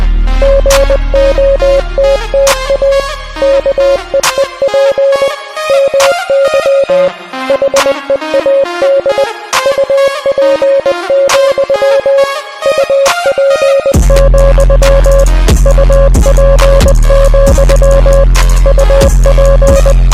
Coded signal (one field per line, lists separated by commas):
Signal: Morse code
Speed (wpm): 20 wpm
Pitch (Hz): 550 Hz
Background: music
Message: GOTTA KEEP MY HEAD UP, UP, UP, UP